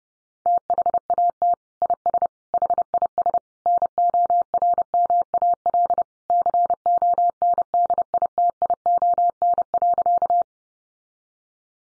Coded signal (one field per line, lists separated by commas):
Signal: Morse code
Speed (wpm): 30 wpm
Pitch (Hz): 700 Hz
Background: none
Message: THAT IS HIS NORMAL CONDITION.